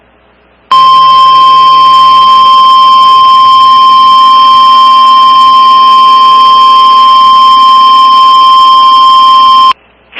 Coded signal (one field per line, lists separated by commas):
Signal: Emergency Alert System (SAME) tones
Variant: 1050 Hz attention tone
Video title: EAS 1733-1737 (4/30/22)